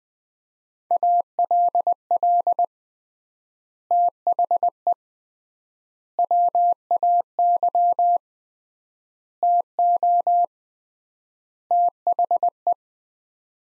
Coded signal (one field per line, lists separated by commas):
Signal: Morse code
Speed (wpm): 20 wpm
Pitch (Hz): 700 Hz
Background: none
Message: ALL THE WAY TO THE